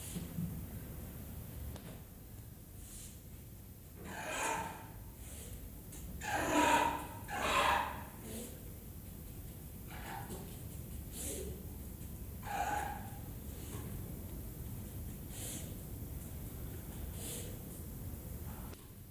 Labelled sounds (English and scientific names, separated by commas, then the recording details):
Giant Anteater (Myrmecophaga tridactyla) call
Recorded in captivity
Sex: male
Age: juvenile
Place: Zoo Berlin, Berlin, DE
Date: 2008-08-18 15:20
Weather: overcast, ca. 22°C
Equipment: Sony WM-D6C, Sennheiser ME 80, Kopie Uher 4000 Report Monitor
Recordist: Tembrock, Günter